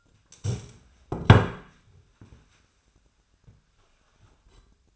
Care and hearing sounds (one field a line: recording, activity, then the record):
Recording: daily activity, microphone in the room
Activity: stand up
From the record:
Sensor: 2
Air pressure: 1007.7 hPa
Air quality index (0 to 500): 179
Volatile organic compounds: 10 ppm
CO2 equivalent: 2202 ppm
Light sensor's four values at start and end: 9/23/9/10 and 9/23/9/10